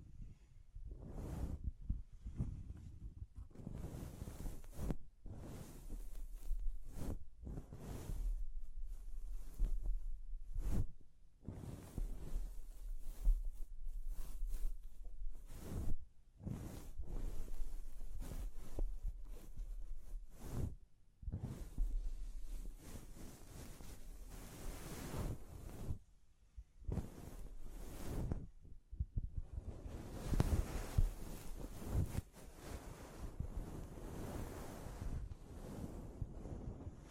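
Tapping, scratching and brushing sounds run almost without pause, with rough crinkly textures and soft thuds. Bursts come in quick irregular clusters, broken by short silences near 11, 16, 21 and 26 seconds. A low rumble sits underneath, and a brighter, denser stretch follows around 30 seconds.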